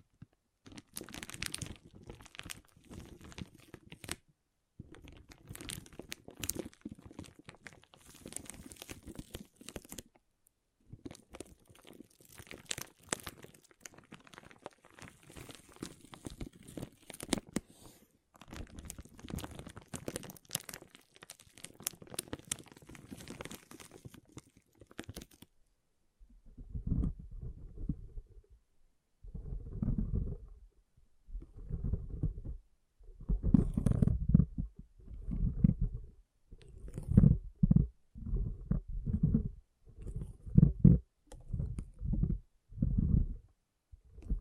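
Water beads are handled in two parts. For the first 25 seconds there is a dense, bright crackle of tiny squishing and clicking bursts with brief pauses. After that come slower, rhythmic deep squelches, low and rounded, repeating about every second or two.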